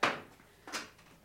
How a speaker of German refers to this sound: Ich schließe die Läden.